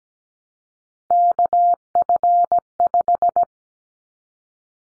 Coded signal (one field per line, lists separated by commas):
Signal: Morse code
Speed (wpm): 17 wpm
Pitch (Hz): 700 Hz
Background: none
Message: KF5